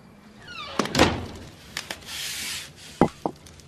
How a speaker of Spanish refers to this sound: ¿De dónde va? A trancar la puerta.